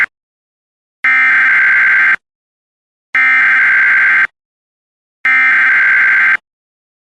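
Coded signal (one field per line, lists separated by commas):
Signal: Emergency Alert System (SAME) tones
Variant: header bursts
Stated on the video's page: Compilation of real civil (non-weather) EAS alerts.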